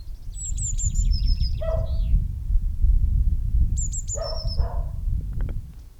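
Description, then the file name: Eurasian blue tit calls: two bursts of thin, high, falling notes, each followed by a lower, buzzy churr, over a steady low rumble. "Cyanistes caeruleus"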